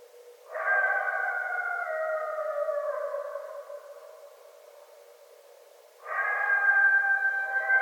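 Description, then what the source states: Coyote howls: a long wavering tone that slowly falls and fades over several seconds, then after a pause a second howl starts abruptly and holds steady. Coyotes, more than one animal; recorded 8 December 2011.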